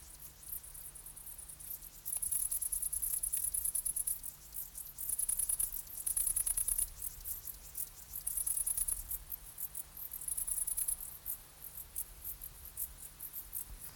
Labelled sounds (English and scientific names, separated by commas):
Dark Bush-cricket (Pholidoptera griseoaptera) stridulation